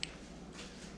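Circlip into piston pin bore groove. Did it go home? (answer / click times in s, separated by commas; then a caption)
no / none. A metal circlip is pushed into the piston pin bore of a small-engine piston from an 88cc big bore kit for a Honda XR70, using a quarter-inch tool through the back, toward its groove. A brief sharp tick sounds at 0.0 s, followed by a low, steady background hum with faint handling noise. Nothing has seated or clicked yet.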